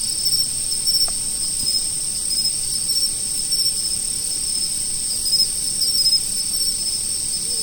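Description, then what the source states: Insects trilling steadily in a dense high chorus. Autumn.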